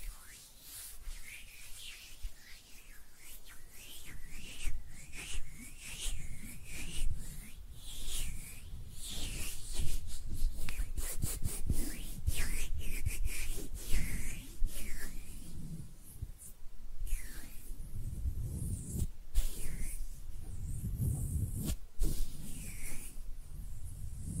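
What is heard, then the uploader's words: Hands rubbing and brushing against each other, with no talking. The dry, scratchy friction runs continuously for the whole stretch, swelling and easing in uneven strokes, with short bright swishes repeating every second or so and a few sharper taps and pauses around the twenty-second mark. ASMR Relaxing Hand Sounds (No Talking).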